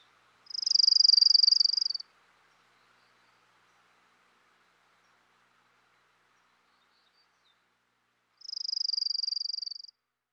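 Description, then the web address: Orange-crowned warbler singing a high, even trill about one and a half seconds long, then silence, then a second, slightly softer trill near the end. Western North America. "Dan Gibson Wildlife Identification By Sound, Western North America. Orange-Crowned Warbler"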